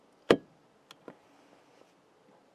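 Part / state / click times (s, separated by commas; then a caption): dash cam on its GPS windshield mount / seated / 0.3 s. A VIOFO A119/A119S dash cam is slid down onto its modified GPS windshield mount, getting tighter the further down it goes until it locks in place. A single sharp, loud click is heard at 0.3 s as it seats, followed by two much fainter ticks around 0.9 and 1.1 s. The dash cam is locked onto the mount.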